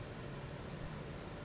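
A terminal pin is slid into a cavity of a plastic automotive wiring connector housing and lined up before the final push. Only steady broadband hiss and a low hum are heard, with no distinct sounds. The pin has not seated or clicked yet.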